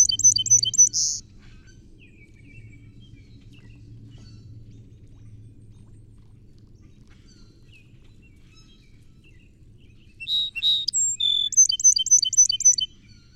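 Song sparrow: a trill and buzz at the start, several seconds of quiet low rumble, then a new song with buzzy notes and a quick repeated trill.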